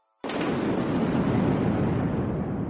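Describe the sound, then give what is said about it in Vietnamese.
A sudden, violent thunderclap explosion as five huge lightning bolts strike a roof at night, bursting in after a brief silence, then rolling on as a dense, loud, rumbling roar that barely fades over the following seconds. “Một tiếng nổ to tới mức làm đau nhức màng nhĩ, mái nhà tức thì hóa thành bụi phấn, mảnh đá mảnh gỗ bay tứ tung.”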